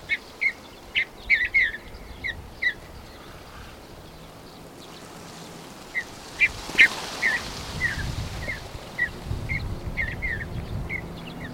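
Bird chirping in short bright notes, a quick cluster early on, then a scattered series of clipped chirps later, with low rumbling background noise, strongest in the second half.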